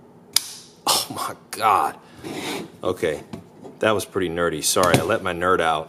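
A battery tray is slid forward into the slide interface of a Cannonball 800 drone frame and seats with one loud, sharp snap at 0.4 s. Someone then talks for the rest of the clip.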